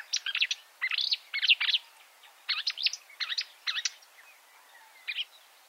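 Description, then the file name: Marsh warbler: songbird giving short bursts of quick, high chirping notes, several clusters separated by brief gaps. "suara-kicauan-burung-marsh-warbler -omkicau"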